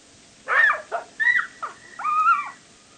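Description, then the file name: Jackal yelps and quavering cries in quick succession, rising and falling, ending in a longer arched wail. "zvuki shakala"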